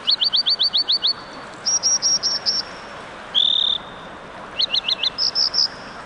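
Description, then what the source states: American dipper calling: rapid series of high repeated notes in short bursts, with one longer note, over a soft rushing background. Calling across a rushing mountain stream; bobs up and down on rocks beneath the water.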